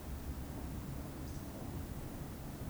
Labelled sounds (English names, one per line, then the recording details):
Eurasian Woodcock whistle
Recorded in Baden-Württemberg, Germany, on 12 June 2020 at 20:05 UTC
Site 43738, 650 m above sea level